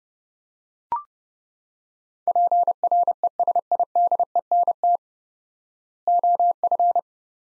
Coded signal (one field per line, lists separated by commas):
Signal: Morse code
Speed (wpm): 28 wpm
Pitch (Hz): 700 Hz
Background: none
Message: PRESIDENT OF